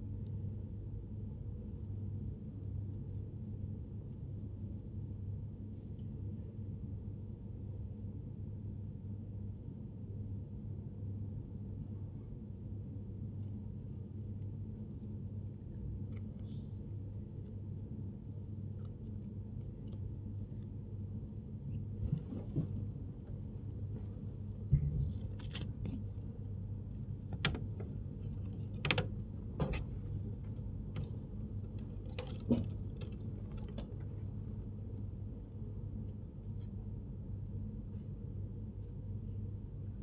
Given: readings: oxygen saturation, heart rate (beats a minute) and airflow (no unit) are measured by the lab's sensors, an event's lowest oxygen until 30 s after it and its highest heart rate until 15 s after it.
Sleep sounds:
a person awake in a sleep study, by a smartphone at the bedside; none
0.00-40.02 s: awake
0.00-40.02 s: awake
From the record:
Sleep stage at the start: awake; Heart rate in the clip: 76 to 103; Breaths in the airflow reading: 13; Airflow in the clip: -6.4 to 12.0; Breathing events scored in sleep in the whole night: 103 in 8.4 hours asleep

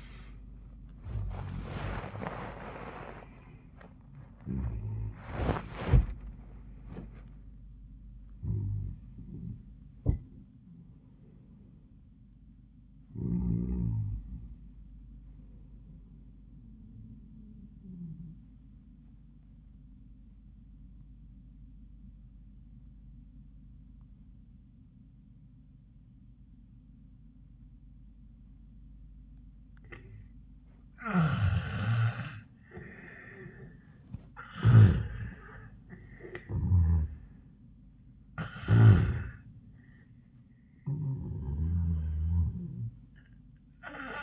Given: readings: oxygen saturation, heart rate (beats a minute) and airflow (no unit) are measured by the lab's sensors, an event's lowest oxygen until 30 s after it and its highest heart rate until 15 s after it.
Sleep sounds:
breathing in sleep by a smartphone at the bedside; 1
3.00-44.22 s: new sleep stage, N1 (lightest sleep)
23.00-35.70 s: obstructive apnea (N1, oxygen 98% highest, then 83% lowest, heart rate 96 at the start, 96 highest)
From the record:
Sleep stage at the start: REM sleep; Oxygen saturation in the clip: 65 to 98%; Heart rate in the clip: 84 to 105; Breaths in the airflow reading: 6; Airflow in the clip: -31.2 to 24.2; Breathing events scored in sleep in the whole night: 400 in 8.7 hours asleep

